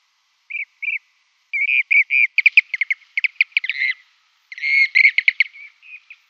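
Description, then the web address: Blue-cheeked bee-eater calls: two short rolling notes, then a burst of rapid trilled, rippling calls, and a final run of rolling notes. "Schulze Peter Blue-cheeked Bee-eater"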